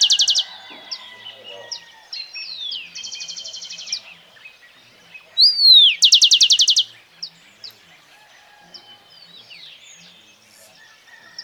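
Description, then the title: Black-crested warbler singing several phrases: a high burst at the start, a soft even trill, then a loud falling whistle and rapid buzzy note series, with faint chirps between. "Myiothlypis Nigrocristata"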